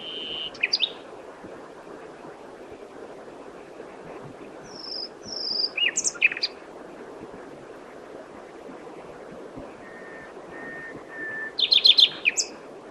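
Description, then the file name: Common nightingale song: scattered phrases of whistles, clicks and a short trill, with long plain whistled notes in between and a steady background hiss. "Luscinia megarhynchos"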